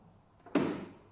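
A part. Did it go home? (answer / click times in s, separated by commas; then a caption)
released / 0.6 s. The emergency release cord on a garage door opener trolley is pulled down slowly to disengage the latch and switch to manual operation. After a faint tap, the release latch gives a sharp, bright click at 0.6 s that rings out and fades over the next half second. The trolley is released, and the door now lifts easily by hand.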